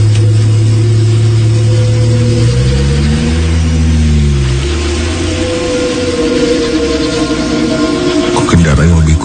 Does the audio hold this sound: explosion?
no